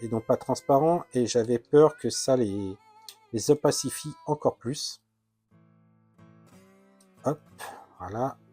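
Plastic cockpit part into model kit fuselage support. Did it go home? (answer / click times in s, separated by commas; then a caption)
no / none. Someone talks over background music while handling the translucent plastic cockpit part of a Bandai EX Model 1/72 Red Tail (Cowboy Bebop) kit, pressing it back into place in its fuselage support. Two faint hits are heard under the music. Nothing has seated or clicked yet.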